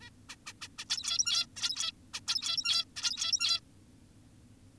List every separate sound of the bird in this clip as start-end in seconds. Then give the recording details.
0.02-0.10, 0.29-0.36, 0.46-0.53, 0.62-0.68, 0.78-0.85, 0.90-1.46, 1.56-1.92, 2.14-2.20, 2.28-2.85, 2.96-3.60. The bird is an adult. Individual g17y2U